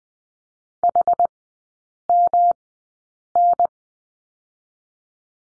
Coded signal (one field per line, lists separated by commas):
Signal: Morse code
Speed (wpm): 20 wpm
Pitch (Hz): 700 Hz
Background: none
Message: HMN